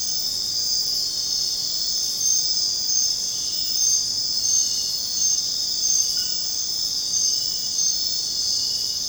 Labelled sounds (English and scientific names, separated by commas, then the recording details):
none
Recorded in secondary vegetation near Puerto Asís, Putumayo, Colombia, on 29 June 2025 at 23:00
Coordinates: 0.484, -76.319
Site G074